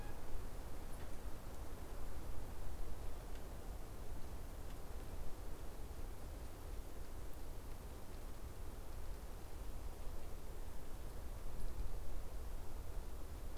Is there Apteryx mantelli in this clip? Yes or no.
no